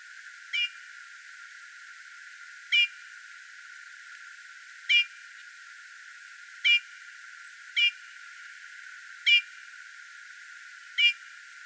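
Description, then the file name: Eurasian bullfinch calling: several brief piping notes at irregular intervals, over a quiet background. "Pyrrhula pyrrhula"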